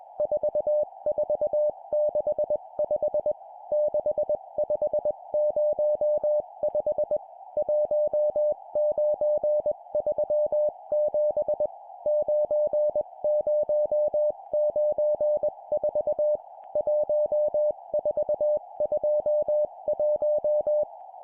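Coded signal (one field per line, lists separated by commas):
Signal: Morse code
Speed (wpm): 21 wpm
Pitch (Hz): 600 Hz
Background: music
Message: 4465 6505 1937 9094 1421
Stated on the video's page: Morse code practice at 20 wpm: four-character groups of numbers.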